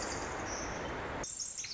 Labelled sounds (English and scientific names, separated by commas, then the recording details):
Pacific Wren (Troglodytes pacificus)
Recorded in Sonoma County, California